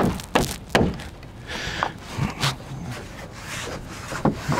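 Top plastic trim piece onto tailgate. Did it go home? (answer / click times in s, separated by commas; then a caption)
no / none. The final top plastic trim piece is handled and pressed toward a Honda Ridgeline tailgate, giving sharp plastic knocks, taps and rubbing noises, with the loudest knocks near 0.4 s and 0.75 s. The piece has not snapped into place yet; nothing has seated or clicked.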